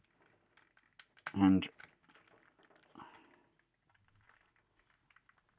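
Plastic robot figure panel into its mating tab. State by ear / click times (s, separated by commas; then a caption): not seated / none. A panel on a plastic FansToys FT-32A Gehry (Transformers Masterpiece Scrapper) transforming robot figure is being pushed toward its mating tab while someone talks. Only faint, scattered plastic handling ticks are heard around the speech. Nothing has seated or clicked yet.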